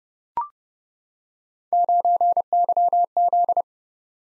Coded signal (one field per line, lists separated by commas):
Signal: Morse code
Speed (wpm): 30 wpm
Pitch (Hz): 700 Hz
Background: none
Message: 9YZ